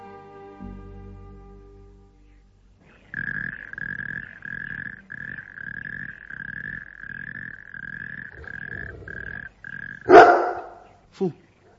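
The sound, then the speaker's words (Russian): A dog named Dingo growls in a long, steady run of pulsing rumbles with a whining edge, then breaks into one loud, sharp bark followed by a shorter second one. The dog is uneasy, at night on swampy ground. “А Динго чем-то обеспокоен? Возможно, чует какого-то зверя.”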